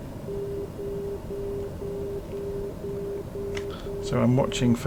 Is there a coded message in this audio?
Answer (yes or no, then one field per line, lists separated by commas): no